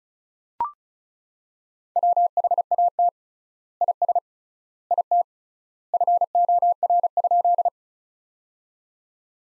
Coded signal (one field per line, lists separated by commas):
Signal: Morse code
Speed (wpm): 36 wpm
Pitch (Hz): 700 Hz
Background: none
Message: WHAT IS IT FOR?